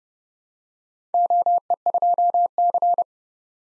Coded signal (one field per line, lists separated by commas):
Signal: Morse code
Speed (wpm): 30 wpm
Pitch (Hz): 700 Hz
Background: none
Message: OE2C